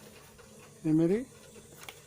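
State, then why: Seated. A movable piece of a homemade light-and-sound reflection school model is fitted at the back and locked into its holder. Someone talks from about 0.8 to 1.25 s, then a short, sharp click is heard at 1.9 s as the piece locks into place.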